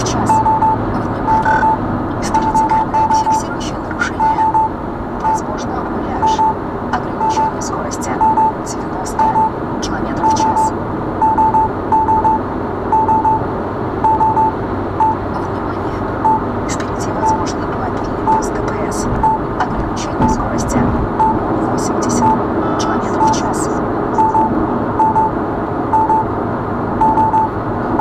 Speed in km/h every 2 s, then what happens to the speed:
113, 99, 94, 97, 99, 100, 103, 106, 108, 110, 110, 112, 113, 114.
0-3 brakes to 94. 5-28 speeds up to 114.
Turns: none.